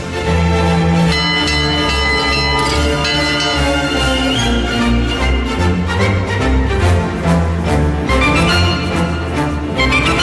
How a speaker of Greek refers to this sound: Χαρμόσυνα νέα. Οι καμπάνες να βαράνε.